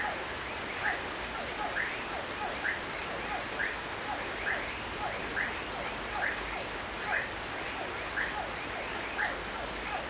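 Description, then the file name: Toads calling in a steady rhythmic chorus of short repeated notes, with a cricket's regular high chirp and a constant hiss of rain. Toads calling at night in the rain at a small farm (chácara), with a cricket very close by. "Chuva em chacara a noite grilo bem perto, sapos"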